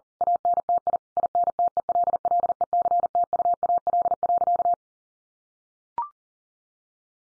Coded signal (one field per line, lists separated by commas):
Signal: Morse code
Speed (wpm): 40 wpm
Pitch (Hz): 700 Hz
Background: none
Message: ANTI INTELLECTUAL.